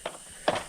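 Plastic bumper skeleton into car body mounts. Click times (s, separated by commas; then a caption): 0.5 s. A plastic rear bumper skeleton on a Lamborghini Gallardo is pushed onto the car body mounts after being worked around slowly. A short knock at 0.1 s comes first, then a louder click at 0.5 s as the skeleton snaps into place, leaving it seated.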